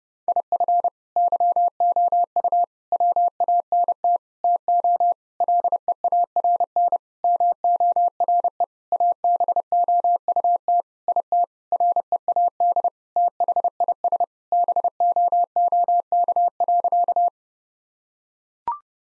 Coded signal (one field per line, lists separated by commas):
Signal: Morse code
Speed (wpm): 32 wpm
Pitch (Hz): 700 Hz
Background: none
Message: IF YOU WANT TO LEARN MORE ABOUT IT READ THIS BOOK.